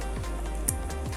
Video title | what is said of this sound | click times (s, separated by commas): Gundam Fix Figuration Metal Composite Zaku II Black Tri-Stars Review | i'm sure you can hear that there's a little click | 0.7 s